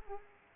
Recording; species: mosquito wingbeat signal from an infrared sensor; Aedes aegypti